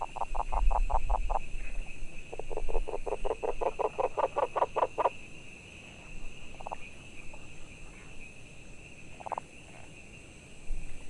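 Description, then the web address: Frogs croaking in fast pulsed bursts, two long trains in the first five seconds, then sparse single croaks, over a steady high hum. Recorded 22 June 2019. "frog 20190622"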